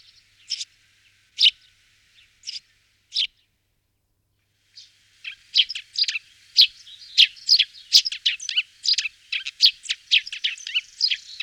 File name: Vrabec polni Passer montanus